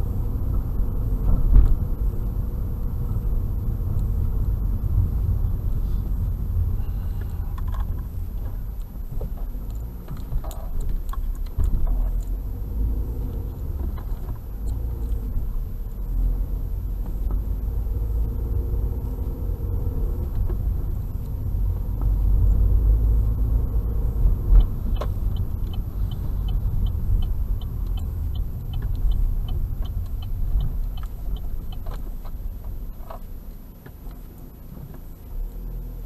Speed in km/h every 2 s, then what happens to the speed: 37, 33, 30, 17, 5, 7, 14, 17, 20, 26, 27, 32, 31, 20, 15, 9, 0, 0.
0-8 brakes to 5. 8-23 speeds up to 32. 23-32 brakes to 0. 32-36 standing.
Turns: none.